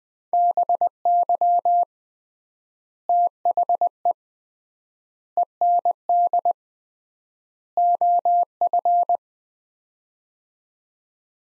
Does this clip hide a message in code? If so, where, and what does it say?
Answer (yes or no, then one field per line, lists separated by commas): yes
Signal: Morse code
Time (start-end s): 0.3-9.2 s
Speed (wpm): 20 wpm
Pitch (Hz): 700 Hz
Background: none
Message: BY THE END OF